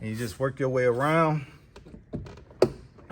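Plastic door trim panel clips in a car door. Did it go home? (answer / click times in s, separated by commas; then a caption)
released / 2.6 s. Someone talks while working around the edge of a plastic door trim panel on a Ford Mustang car door, popping its retaining clips out. A sharp snap at 2.6 s marks a clip releasing, surrounded by quieter taps and rustling.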